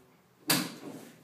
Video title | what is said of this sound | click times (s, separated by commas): Taser c2 live fire demo | and press it into place until it snaps into place | 0.5 s